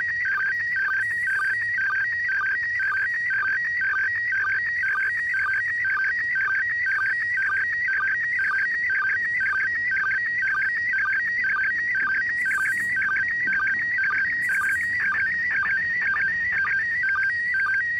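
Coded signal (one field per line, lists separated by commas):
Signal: SSTV (slow-scan television)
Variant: PD120 mode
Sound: continuous warbling tone alternating between two pitches, with rapid regular clicks throughout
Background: radio static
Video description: Decoding SSTV from the International Space Station on 145.800 MHz PD120 mode.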